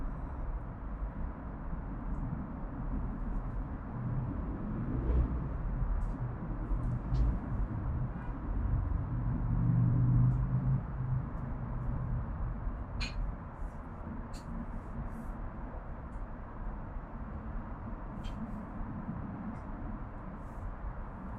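Urban backyard ambience with a steady low traffic rumble, a passing vehicle swelling around ten seconds, and scattered faint high chirps and clicks.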